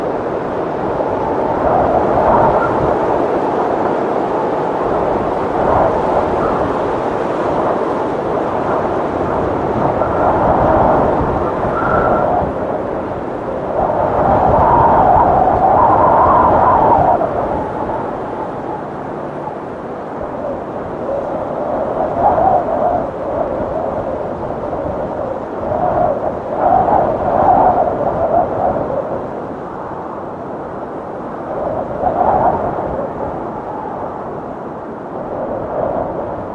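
Wind gusts rumble and roar steadily, swelling in waves around fifteen and twenty-seven seconds, with a dull low whoosh and muffled midrange bursts.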